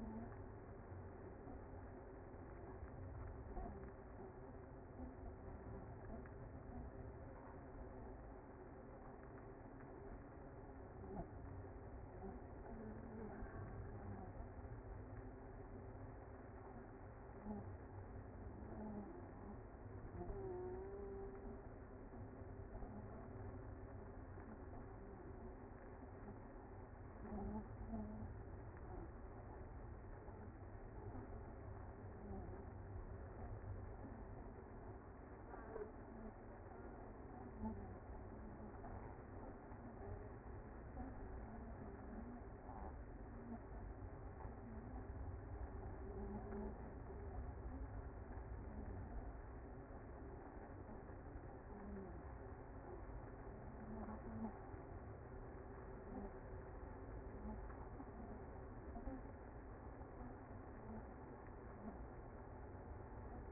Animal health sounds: honeybee colony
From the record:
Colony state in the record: active

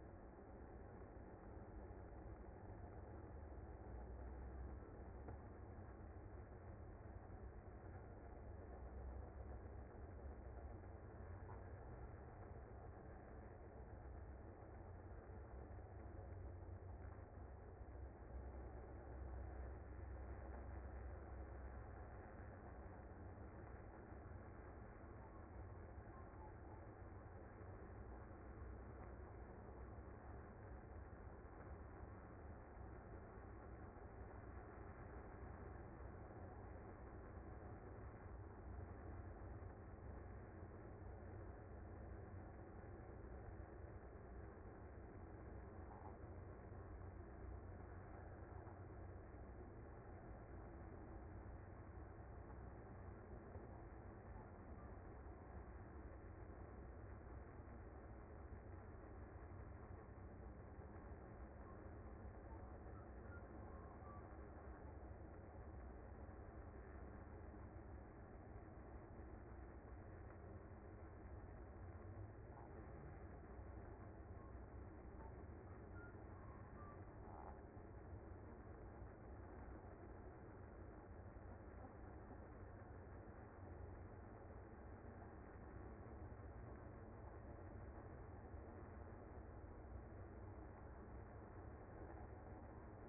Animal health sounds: honeybee colony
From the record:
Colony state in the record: active

